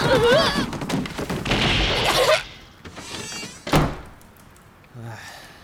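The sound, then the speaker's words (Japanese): Excited voices chatter and then fall away, followed by a single loud, sharp bang of a door flung open and striking someone's back, after which only faint rustling and a brief low thud remain. “え、ドアバーンの背中ドーン。”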